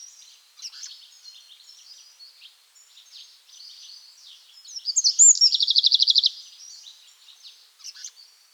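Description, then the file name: Eurasian wren song: a loud high trill of rapid repeated notes rising out of a background of faint, busy high bird twittering. "Troglodytes troglodytes"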